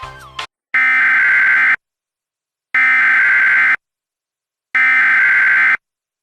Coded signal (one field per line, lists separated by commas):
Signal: Emergency Alert System (SAME) tones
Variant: header bursts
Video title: EAS Reenactment Mock: The Experience Enhanced (TOR for DeSoto, MS and Tate, MS) [v2] - JAN 11, 2020